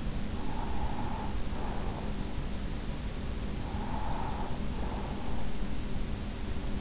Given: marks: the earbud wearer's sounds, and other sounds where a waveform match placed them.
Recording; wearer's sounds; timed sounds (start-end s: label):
sounds in sleep by an in-ear microphone; breath
0.14-2.54 s: breath
3.57-5.72 s: breath